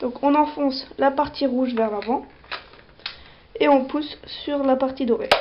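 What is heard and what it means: Someone talks while handling a red-tipped shell cartridge for a shell-ejecting toy/airsoft gun, pressing the red part forward and pushing on the gold part to drive it into the cartridge until the internal spring engages. Brief handling noises are heard between the speech, including a short sharp tick around 3.1 s. The clip ends before the part goes home, so nothing has seated or clicked yet.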